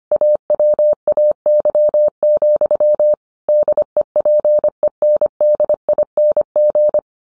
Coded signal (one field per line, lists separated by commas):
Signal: Morse code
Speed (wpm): 25 wpm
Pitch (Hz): 600 Hz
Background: none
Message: AWAY, DEPENDING